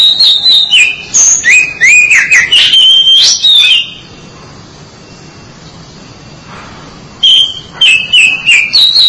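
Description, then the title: Oriental magpie-robin pouring out a varied stream of whistled and rising notes for several seconds, a long quiet gap, then renewed rapid whistles. "Suara Kicauan Burung Kacer Durasi Panjang"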